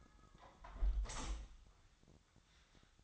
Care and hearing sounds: daily activity, microphone in the room; close window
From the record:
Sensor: 3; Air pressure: 1004.6 hPa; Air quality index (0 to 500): 82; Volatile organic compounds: 2 ppm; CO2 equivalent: 1248 ppm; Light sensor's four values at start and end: 7/17/6/6 and 7/16/6/6

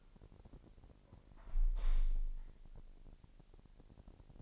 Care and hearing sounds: daily activity, microphone in the room; close window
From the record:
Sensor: 5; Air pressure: 1000.0 hPa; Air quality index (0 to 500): 247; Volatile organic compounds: 34 ppm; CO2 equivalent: 3037 ppm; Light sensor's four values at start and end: 34/80/32/30 and 34/80/32/30

